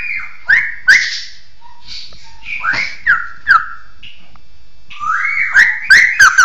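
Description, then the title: Bird repeating sharp whistled phrases with clicks in irregular bursts, busier toward the end. "SuaraBurung Kicau1"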